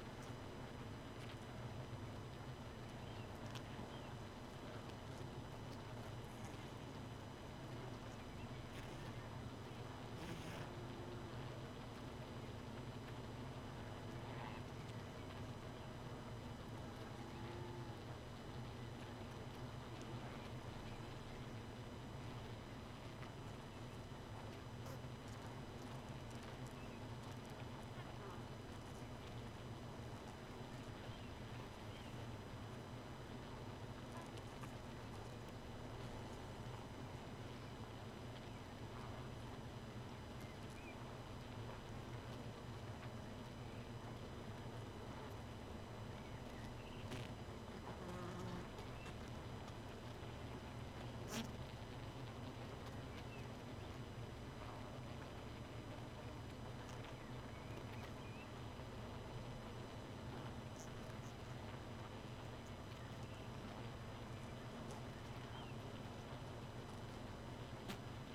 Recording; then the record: honeybee colony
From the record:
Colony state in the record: missing queen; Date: 31 May 2018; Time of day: 2:44